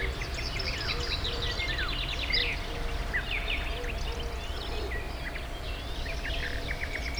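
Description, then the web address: Birds give a busy mix of chirps, trills and sliding whistles, while low repeated notes pulse steadily beneath a constant rumble. Hortobágy fishponds, Hungary, 2014; at the inner terminal station of the narrow-gauge railway; diverse birdlife. "hanggyujtemeny kisvasut hortobagyihalastavak 2014 termeszet sokszinumadarvilag belsovegallomas"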